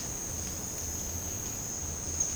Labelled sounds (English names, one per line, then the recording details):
none
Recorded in dense forest near Puerto Asís, Putumayo, Colombia, on 18 February 2024 at 14:30
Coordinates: 0.503, -76.322
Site G6418